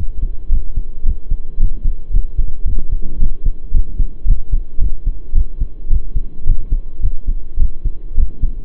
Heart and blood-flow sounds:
heart sounds by stethoscope; between the tricuspid and mitral areas; 110 bpm
0.50 s: heartbeat
1.04 s: heartbeat
1.58 s: heartbeat
2.12 s: heartbeat
2.65 s: heartbeat
3.19 s: heartbeat
3.73 s: heartbeat
4.26 s: heartbeat
4.80 s: heartbeat
5.34 s: heartbeat
5.89 s: heartbeat
6.45 s: heartbeat
7.01 s: heartbeat
7.58 s: heartbeat
8.16 s: heartbeat
From the record:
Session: pedaling a stationary bicycle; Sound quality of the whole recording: saturated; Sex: male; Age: 23 years

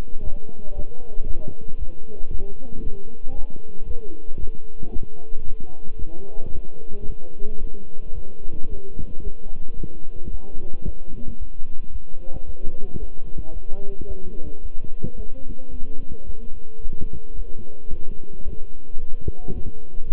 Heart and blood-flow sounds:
heart sounds by stethoscope; between the tricuspid and mitral areas; 112 bpm
0.22 s: heartbeat
0.73 s: heartbeat
1.25 s: heartbeat
1.77 s: heartbeat
2.29 s: heartbeat
2.81 s: heartbeat
3.33 s: heartbeat
3.85 s: heartbeat
4.38 s: heartbeat
4.91 s: heartbeat
5.44 s: heartbeat
5.97 s: heartbeat
6.51 s: heartbeat
7.05 s: heartbeat
7.59 s: heartbeat
8.13 s: heartbeat
8.67 s: heartbeat
9.22 s: heartbeat
9.75 s: heartbeat
10.29 s: heartbeat
10.83 s: heartbeat
11.37 s: heartbeat
11.90 s: heartbeat
12.44 s: heartbeat
12.98 s: heartbeat
13.52 s: heartbeat
14.06 s: heartbeat
14.61 s: heartbeat
15.14 s: heartbeat
15.69 s: heartbeat
16.24 s: heartbeat
16.80 s: heartbeat
17.34 s: heartbeat
17.89 s: heartbeat
18.43 s: heartbeat
18.97 s: heartbeat
19.52 s: heartbeat
20.05 s: heartbeat
From the record:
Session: walking at 3.7 km/h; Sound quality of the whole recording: good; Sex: male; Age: 26 years

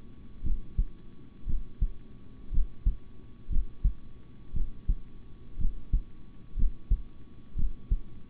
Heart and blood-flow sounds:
heart sounds by stethoscope; between the tricuspid and mitral areas; 59 bpm
0.43 s: heartbeat
1.46 s: heartbeat
2.51 s: heartbeat
3.49 s: heartbeat
4.53 s: heartbeat
5.57 s: heartbeat
6.56 s: heartbeat
7.55 s: heartbeat
From the record:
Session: rest, sitting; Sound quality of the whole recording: good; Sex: male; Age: 26 years

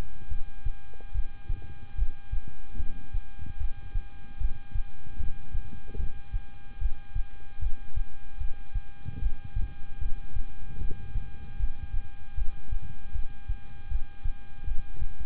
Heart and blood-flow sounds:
heart sounds by stethoscope; between the tricuspid and mitral areas; 75 bpm
0.28 s: heartbeat
1.12 s: heartbeat
1.95 s: heartbeat
2.77 s: heartbeat
3.58 s: heartbeat
4.38 s: heartbeat
5.17 s: heartbeat
5.97 s: heartbeat
6.79 s: heartbeat
7.59 s: heartbeat
8.38 s: heartbeat
9.19 s: heartbeat
9.99 s: heartbeat
10.78 s: heartbeat
11.57 s: heartbeat
12.35 s: heartbeat
13.12 s: heartbeat
13.88 s: heartbeat
14.65 s: heartbeat
From the record:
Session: rest, lying down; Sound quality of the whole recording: good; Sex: male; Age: 26 years

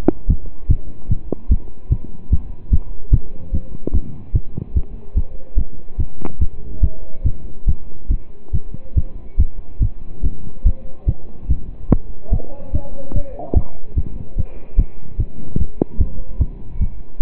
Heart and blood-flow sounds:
heart sounds by stethoscope; between the tricuspid and mitral areas; 145 bpm
0.29 s: heartbeat
0.69 s: heartbeat
1.10 s: heartbeat
1.50 s: heartbeat
1.91 s: heartbeat
2.31 s: heartbeat
2.72 s: heartbeat
3.12 s: heartbeat
3.53 s: heartbeat
3.94 s: heartbeat
4.34 s: heartbeat
4.75 s: heartbeat
5.16 s: heartbeat
5.57 s: heartbeat
5.99 s: heartbeat
6.40 s: heartbeat
6.82 s: heartbeat
7.25 s: heartbeat
7.67 s: heartbeat
8.10 s: heartbeat
8.53 s: heartbeat
8.96 s: heartbeat
9.39 s: heartbeat
9.81 s: heartbeat
10.24 s: heartbeat
10.65 s: heartbeat
11.07 s: heartbeat
11.49 s: heartbeat
11.90 s: heartbeat
12.32 s: heartbeat
12.73 s: heartbeat
13.14 s: heartbeat
13.55 s: heartbeat
13.97 s: heartbeat
14.37 s: heartbeat
14.78 s: heartbeat
15.19 s: heartbeat
15.59 s: heartbeat
15.99 s: heartbeat
16.40 s: heartbeat
16.80 s: heartbeat
17.21 s: heartbeat
From the record:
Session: pedaling a stationary bicycle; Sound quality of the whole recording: partially saturated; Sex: male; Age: 27 years

